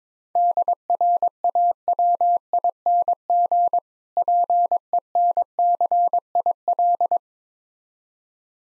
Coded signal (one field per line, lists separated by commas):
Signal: Morse code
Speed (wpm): 22 wpm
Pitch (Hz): 700 Hz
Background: none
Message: DRAWING PENCIL